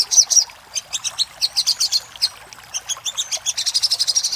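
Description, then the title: Little spiderhunter calls: spaced high chips and paired notes that speed up into a quick, even series near the end. Master recording made for training cage birds, in the labaik song style. "Masteran Burung Sogok Ontong Labaik"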